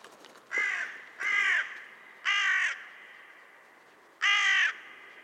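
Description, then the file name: Carrion crow cawing: four harsh, nasal caws, two close together near the start, one after a short pause and a last one about two seconds later. "Corvus corone"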